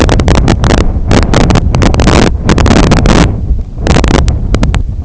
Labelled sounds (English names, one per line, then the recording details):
none
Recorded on Arctic tundra, site IGLO-D, on 23 June 2018
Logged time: 20:00